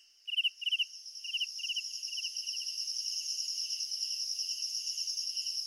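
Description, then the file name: Cricket chirps, a few loud paired pulses at first, then a steady run of softer rhythmic trills over a continuous high insect hum. "Just Sound Effects Crickets and Cicadas"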